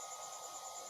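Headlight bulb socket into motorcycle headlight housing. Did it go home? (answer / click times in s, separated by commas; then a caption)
no / none. A headlight bulb and its socket are handled with a microfiber cloth, keeping the reflector clean, before being fitted into the headlight housing of an N MAX scooter. Only a steady, even background hiss is heard, with thin constant tones near 1.3 kHz and 7 kHz that sound insect-like. There are no sudden sounds, and the socket has not yet seated or clicked home.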